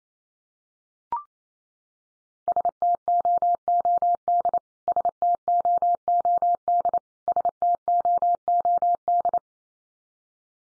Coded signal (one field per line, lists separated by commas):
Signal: Morse code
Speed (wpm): 28 wpm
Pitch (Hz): 700 Hz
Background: none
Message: STOOD STOOD STOOD